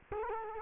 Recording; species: mosquito wingbeat signal from an infrared sensor; Culex quinquefasciatus